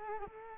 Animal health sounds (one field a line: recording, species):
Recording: mosquito wingbeat signal from an infrared sensor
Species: Culex quinquefasciatus